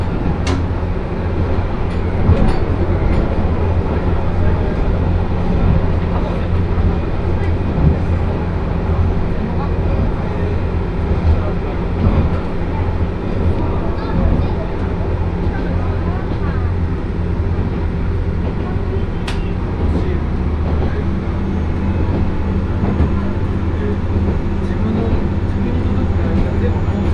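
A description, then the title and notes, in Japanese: Inside a crowded one-car railbus on the Akechi Railway, a steady low engine drone carries chattering voices, with occasional sharp clicks and knocks. 明知鉄道 明智→恵那。１両のレールバスは子供連れや高校生もいるなど一杯で予想外のにぎわいでした。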